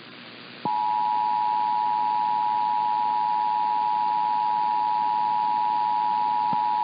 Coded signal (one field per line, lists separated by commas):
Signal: Emergency Alert System (SAME) tones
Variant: 853 and 960 Hz attention tone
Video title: Wednesday Night Monthly Tests (EAS #6736-6737) 6/1/22